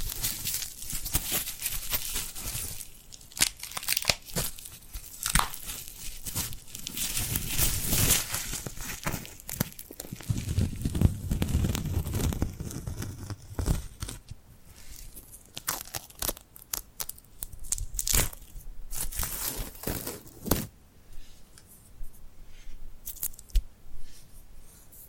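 Tingly glued hand sounds: sticky, crackling peels and taps as the hands pull apart, bright and crisp. The first half is dense and busy, with a soft low rub around ten seconds, then the sounds thin out into separate sharp snaps.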